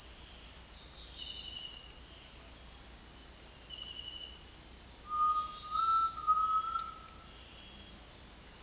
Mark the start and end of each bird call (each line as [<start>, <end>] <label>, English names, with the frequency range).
[4.98, 7.13] Undulated Tinamou (0.8-1.8 kHz)